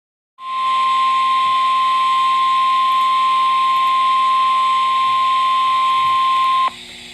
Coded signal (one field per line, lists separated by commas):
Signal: Emergency Alert System (SAME) tones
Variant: 1050 Hz attention tone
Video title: EAS #13